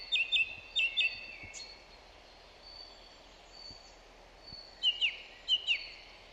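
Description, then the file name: Song thrush song: a sharp high double note given twice, then after a long pause a different double note also given twice. "Zanglijster Turdus philomelos"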